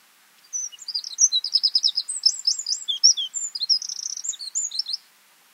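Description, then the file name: Eurasian wren song: one energetic burst of shrill notes and quick trills lasting about four and a half seconds, then silence. "Troglodytes troglodytes"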